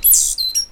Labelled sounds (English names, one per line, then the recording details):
Stitchbird song
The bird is a male
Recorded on Tiritiri Matangi Island, New Zealand, in 2005
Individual 8, of nest box 10